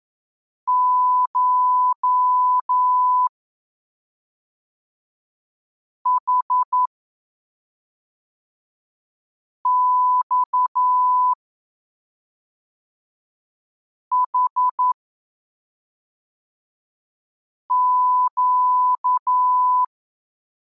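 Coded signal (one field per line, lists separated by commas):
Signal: Morse code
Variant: Russian alphabet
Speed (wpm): 10 wpm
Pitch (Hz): 1000 Hz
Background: none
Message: ШХЬХЩ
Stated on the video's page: Morse lesson 11 covering the Russian letters Щ Ц Ь Х Ш.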